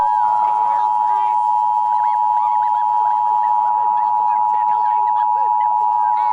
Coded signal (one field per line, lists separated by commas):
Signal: Emergency Alert System (SAME) tones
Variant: 853 and 960 Hz attention tone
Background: speech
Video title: EAS: Tsunami Warning during a Make Believe it or Not Reairing (03/11/2011, 12:52 a.m)